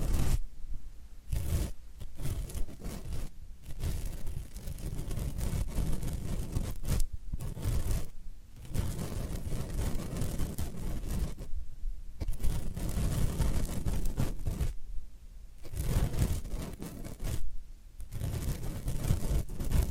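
Floral foam being crunched and scraped, with dense, gritty crackling that comes in bursts a few seconds long. Short quiet gaps break it up every couple of seconds. The sound is mostly low and rough, with a fizzy, crumbly top.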